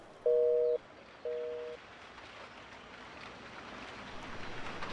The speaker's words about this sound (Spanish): Ay, la lluvia está rica, vamos.